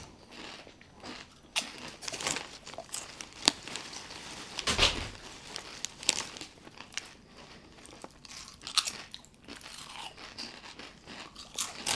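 Chips being crunched and chewed, with sharp, bright crackles breaking out irregularly every second or so over a low, steady hiss. The loudest crunch comes a little before the five-second mark, and smaller crisp bites and softer chewing fill the rest.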